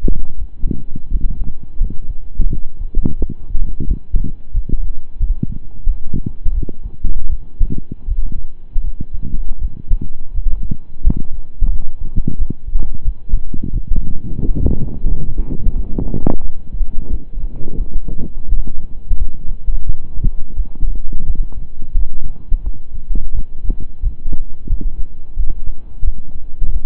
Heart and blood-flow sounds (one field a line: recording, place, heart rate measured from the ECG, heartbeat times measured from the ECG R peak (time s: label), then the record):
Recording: heart sounds by stethoscope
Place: between the tricuspid and mitral areas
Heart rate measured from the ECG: 87 bpm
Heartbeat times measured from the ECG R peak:
0.36 s: heartbeat
1.08 s: heartbeat
1.78 s: heartbeat
2.47 s: heartbeat
3.17 s: heartbeat
3.85 s: heartbeat
4.51 s: heartbeat
5.17 s: heartbeat
5.84 s: heartbeat
6.52 s: heartbeat
7.27 s: heartbeat
8.05 s: heartbeat
8.81 s: heartbeat
9.59 s: heartbeat
10.32 s: heartbeat
11.01 s: heartbeat
11.69 s: heartbeat
12.36 s: heartbeat
13.02 s: heartbeat
13.70 s: heartbeat
14.39 s: heartbeat
15.06 s: heartbeat
15.73 s: heartbeat
16.41 s: heartbeat
17.07 s: heartbeat
17.75 s: heartbeat
18.46 s: heartbeat
19.16 s: heartbeat
19.84 s: heartbeat
20.54 s: heartbeat
21.24 s: heartbeat
21.92 s: heartbeat
22.61 s: heartbeat
23.32 s: heartbeat
24.00 s: heartbeat
24.67 s: heartbeat
25.34 s: heartbeat
26.02 s: heartbeat
26.70 s: heartbeat
From the record:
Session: slow and fast walking with breaks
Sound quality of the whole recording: saturated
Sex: male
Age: 25 years